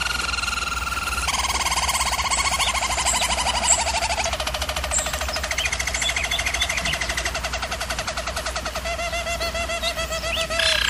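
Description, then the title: German Roller canary song: rapid rolled trills that step down in pitch, then long buzzy rolls held at one pitch, over a faint low hum. German Roller canary singing, used for canary song training. "German Roller Canary Singing - Canary Training Vid"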